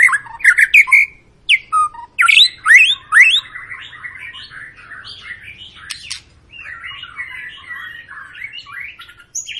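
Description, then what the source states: White-rumped shama song: loud clicks and rising whistles at the start, followed by a long stretch of softer, rapid, chattering warble. Long lure recording meant to prompt other birds to sing; a continuously singing bird.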